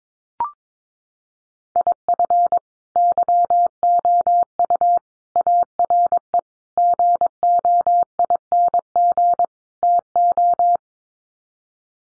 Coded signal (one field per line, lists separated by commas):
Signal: Morse code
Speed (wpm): 22 wpm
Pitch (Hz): 700 Hz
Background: none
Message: IF YOU ARE GOING TO